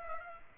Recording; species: mosquito wingbeat signal from an infrared sensor; Culex pipiens